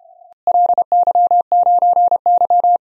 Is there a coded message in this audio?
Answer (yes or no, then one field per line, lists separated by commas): yes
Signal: Morse code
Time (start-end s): 0.5-2.8 s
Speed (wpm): 33 wpm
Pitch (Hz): 690 Hz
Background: none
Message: LY9Y